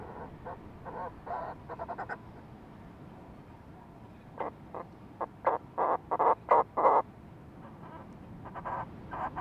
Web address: sound fulmar-prion. صدای-پرنده-پریان-بدبو